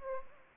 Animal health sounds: mosquito wingbeat signal from an infrared sensor; Anopheles gambiae

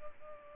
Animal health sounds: mosquito wingbeat signal from an infrared sensor; Culex pipiens

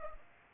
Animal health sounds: mosquito wingbeat signal from an infrared sensor; Aedes aegypti

